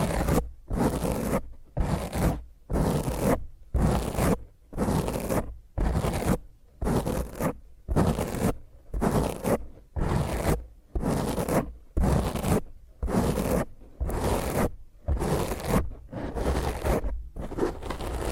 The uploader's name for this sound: Intense Rough Mic Scratch using HandNails